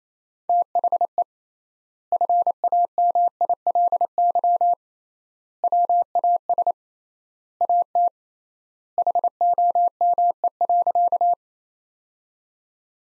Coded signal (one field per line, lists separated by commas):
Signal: Morse code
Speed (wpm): 28 wpm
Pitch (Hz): 700 Hz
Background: none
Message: THE FAMILY WAS AT HOME.